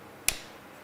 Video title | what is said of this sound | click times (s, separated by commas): Advanblack Axion Performance Hand Grips | We're going to slide that back on, listen for that click, just | 0.3 s